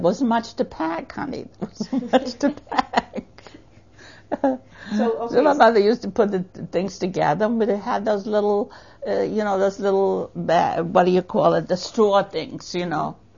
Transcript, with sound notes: There wasn't much to pack, honey. There wasn't much to pack. ( she laughs ) So my mother used to put the things together, and we would have this little, you know, this little, what do you call it, the straw things, you know.